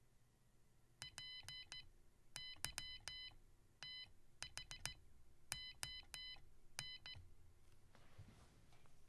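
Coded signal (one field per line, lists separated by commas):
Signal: Morse code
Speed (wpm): 15 wpm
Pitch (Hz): 3000 Hz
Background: none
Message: PYTHON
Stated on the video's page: Morse code keyed with an external push-button or switch on a micro:bit digital input pin, programmed in Python.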